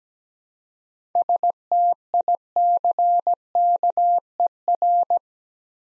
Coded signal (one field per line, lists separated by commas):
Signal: Morse code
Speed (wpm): 17 wpm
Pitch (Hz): 700 Hz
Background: none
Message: STICKER